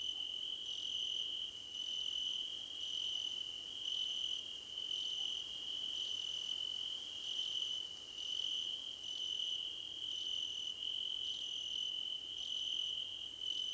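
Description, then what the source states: Chorus of crickets: a steady piercing trill and a higher cricket pulsing in regular bursts, with repeated short chirps in between, the pattern holding steady throughout. Several crickets chirping together, described as a choir competition.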